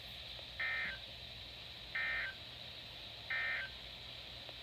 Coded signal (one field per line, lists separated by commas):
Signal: Emergency Alert System (SAME) tones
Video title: Part 1 of the flooding Madness EAS#228-245 8/12/20-8/14/20